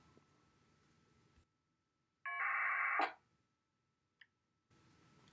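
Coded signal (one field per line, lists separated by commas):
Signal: packet radio (AX.25, as in APRS)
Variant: 1200 baud AFSK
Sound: hiss, silence, then one short harsh warbling data burst, squelch click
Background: radio static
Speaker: I'm going to tune the attached radio to the APRS frequency, which usually has quite a lot of traffic. Okay we've received a packet from the APRS frequency.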